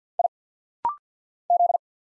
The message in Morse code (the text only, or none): I Z